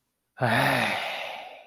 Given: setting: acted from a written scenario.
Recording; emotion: vocal sound without words; disappointment